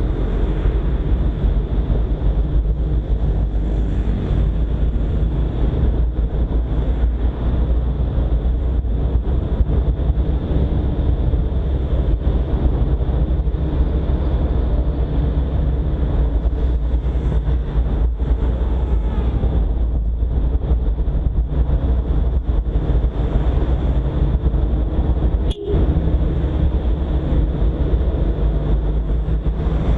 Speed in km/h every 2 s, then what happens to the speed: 30, 32, 35, 36, 37, 37, 37, 36, 35, 35, 36, 38, 40, 42, 43.
0-10 speeds up to 37. 10-19 steady at about 36. 19-30 speeds up to 43.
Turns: none.